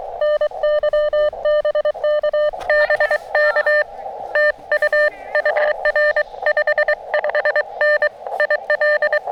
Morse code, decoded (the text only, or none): NY BK BK TU UR 55N IL